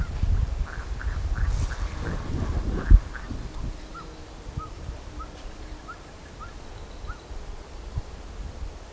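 Bird calls: a quick series of short notes through loud low rumbling, then after a thump, clearer brief whistled notes repeated at a steady pace in quieter surroundings.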